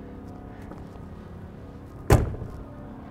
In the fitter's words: and then those do pop into place i don't know if you're hearing that as i'm going